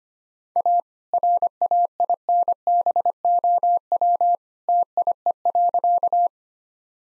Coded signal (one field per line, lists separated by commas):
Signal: Morse code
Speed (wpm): 25 wpm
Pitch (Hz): 700 Hz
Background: none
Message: A RAINBOW TIE.